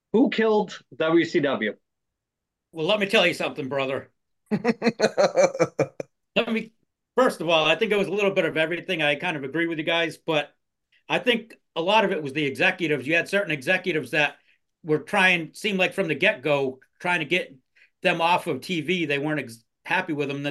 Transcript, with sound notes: who killed the WCW?
Well, let me tell you something, brother. (laughing) First of all, I think it was a little bit of everything, I kind of agree with you guys, but I think a lot of it was the executives, you had certain executives that were trying, seemed like from the get-go, trying to get them off of TV, they weren't happy with them.